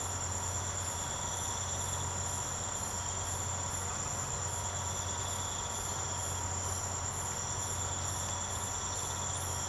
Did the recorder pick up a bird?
no